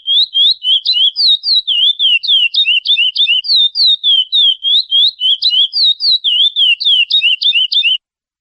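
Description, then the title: Chestnut-bellied seed finch singing a continuous, rhythmic run of clear whistled notes, several per second, stopping abruptly near the end. Classic "Praia" song type, used for training young birds. "CURIÓ CANTO PRAIA CLÁ SSICO PARA TREINAMENTO DE FILHOTES"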